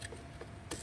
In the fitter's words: your harness back in till you hear the click. That way you know it's in and secured.